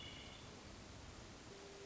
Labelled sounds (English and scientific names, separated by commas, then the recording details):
Hermit Thrush (Catharus guttatus)
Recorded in Sonoma County, California